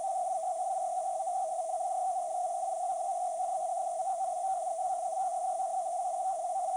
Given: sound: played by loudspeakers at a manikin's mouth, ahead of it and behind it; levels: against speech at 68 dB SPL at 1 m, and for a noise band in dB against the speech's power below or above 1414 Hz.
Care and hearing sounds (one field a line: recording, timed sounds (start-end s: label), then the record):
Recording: test signals for a remote microphone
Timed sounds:
0.00-6.77 s: noise band at 707 Hz, as loud as that band is in speech
From the record:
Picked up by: remote microphone C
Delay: 23 ms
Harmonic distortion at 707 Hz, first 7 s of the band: under -32 dB